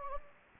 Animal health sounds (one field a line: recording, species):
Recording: mosquito wingbeat signal from an infrared sensor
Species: Anopheles gambiae